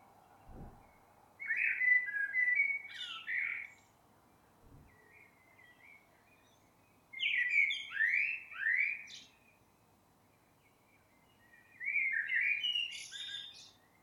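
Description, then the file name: Eurasian blackbird singing three rich, fluting phrases spaced several seconds apart, with slurred whistles and high chattering endings; two faint low thumps early on. "Turdus merula"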